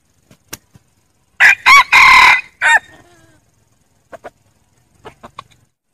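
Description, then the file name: Red junglefowl crow, a loud harsh four-part call with two short notes, a longer drawn-out note and a final clipped note, followed by soft scattered clucks. Wild rooster crowing to call hens. "tieng ga trong rung gay goi ga"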